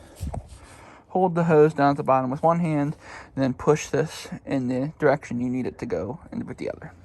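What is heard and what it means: While installing an intake on an S550 Mustang, a hose is held at the bottom with one hand while its quick-connect fitting is pushed toward its engine bay connection. Someone talks throughout, and a brief sharp tap is heard at 0.3 s. Nothing has seated or clicked yet.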